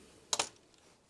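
A plastic grille piece that was not fully in is pressed home into the grille mounting bracket during a TRD Pro grille install on a 3rd-gen (2022–2024) Toyota Tundra. A sharp click sounds at 0.3 s, followed by a second click at 0.4 s and a faint tick near 0.7 s. The grille piece is seated fully home.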